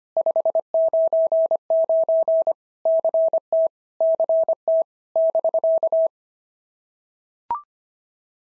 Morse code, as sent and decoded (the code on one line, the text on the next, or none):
..... ----. ----. / -.-. - / -.-. - / -...-.-
599 CT CT <BK>